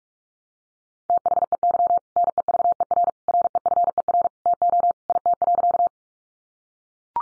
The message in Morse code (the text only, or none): THEY NEVER REFER TO IT.